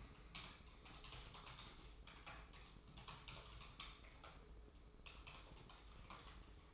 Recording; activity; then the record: daily activity, microphone in the room; typing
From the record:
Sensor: 1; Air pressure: 995.3 hPa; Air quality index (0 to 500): 28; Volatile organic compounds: 1 ppm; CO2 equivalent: 541 ppm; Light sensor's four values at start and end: 17/58/21/23 and 17/58/21/23